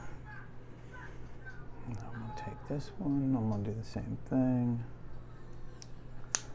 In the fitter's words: snap into place and we're going to place this one here